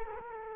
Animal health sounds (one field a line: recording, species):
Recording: mosquito wingbeat signal from an infrared sensor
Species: Culex quinquefasciatus